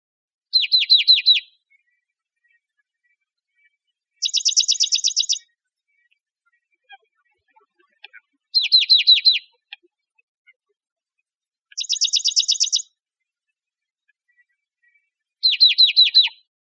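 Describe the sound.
Dark-eyed junco trilling: five quick, even trills about every three and a half seconds, alternating between a lower and a higher trill.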